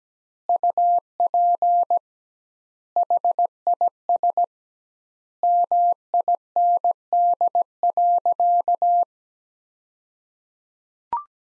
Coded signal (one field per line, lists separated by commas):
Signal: Morse code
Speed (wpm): 17 wpm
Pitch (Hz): 700 Hz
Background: none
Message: UP HIS MIND.